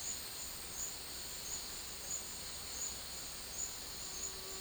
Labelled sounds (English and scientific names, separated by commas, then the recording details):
none
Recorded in secondary vegetation near Puerto Asís, Putumayo, Colombia, on 18 February 2024 at 11:30
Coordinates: 0.481, -76.323
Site G6376